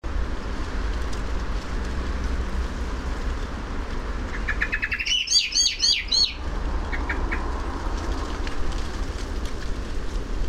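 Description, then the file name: Common blackbird giving a short, rapid series of sharp chattering notes, with a few softer notes afterwards, over loud low rumbling noise. "Turdus merula"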